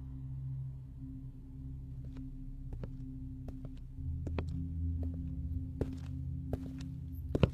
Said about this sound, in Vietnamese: Vừa qua khỏi cổng nhà thằng Huy được một đoạn thì bố con nó nghe như có tiếng bước chân thình thịch theo đằng sau.